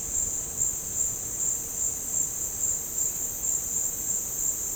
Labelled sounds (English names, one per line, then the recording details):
none
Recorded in dense forest near Puerto Asís, Putumayo, Colombia, on 13 March 2025 at 16:30
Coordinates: 0.467, -76.328
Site G041